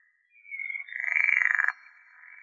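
Pool frog calling: a rapid, pulsed, nasal croak that swells in loudness for over a second, then stops abruptly, leaving a quieter tone.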